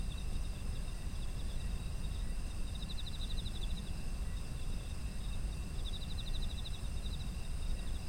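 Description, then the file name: Steady high insect trills with two rhythmic pulsed chirp bursts, around three and six seconds, above a continuous low-pitched rumbling background. Autumn insect ambient soundscape. "秋の虫の環境音"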